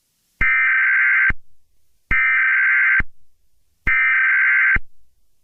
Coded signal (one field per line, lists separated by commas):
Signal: Emergency Alert System (SAME) tones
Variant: header bursts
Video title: EAS scenario 7: Doom Rig 2: The Wreckfest